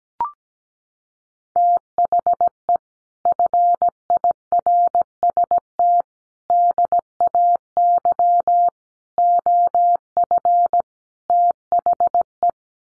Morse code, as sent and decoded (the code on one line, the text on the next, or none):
- .... . / ..-. .. .-. ... - / -.. .- -.-- / --- ..-. / - .... .
THE FIRST DAY OF THE